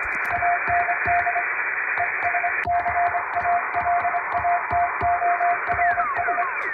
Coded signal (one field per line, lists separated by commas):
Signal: Morse code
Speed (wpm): 25 wpm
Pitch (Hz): 700 Hz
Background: music, radio noise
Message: AND ESCALATORS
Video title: 【無線通信士】欧文ＣＷをエレキーＭＫ－７０６で叩いてみました。生身のモールス信号で受信練習をしてみませんか(training for radio operator)